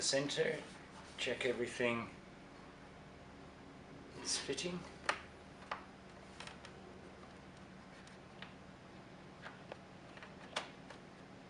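Someone talks while handling a body panel fitting for the motorcycle bodywork, followed by soft rustling and a few light taps and clicks. The clip ends before the fitting is pushed home, and nothing has seated or clicked into place yet.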